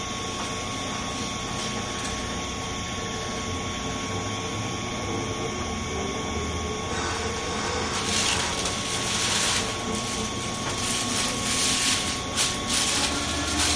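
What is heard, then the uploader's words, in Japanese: A JR 201-series train gives a steady low rumble and hum, joined after about eight seconds by louder hissing and rattling bursts. JR201系 桃谷〜桃谷。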